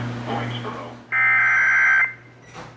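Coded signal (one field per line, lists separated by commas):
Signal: Emergency Alert System (SAME) tones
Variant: header bursts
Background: speech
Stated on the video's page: Real EAS severe thunderstorm warning relayed by a TV station and an AM station.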